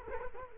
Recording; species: mosquito wingbeat signal from an infrared sensor; Culex quinquefasciatus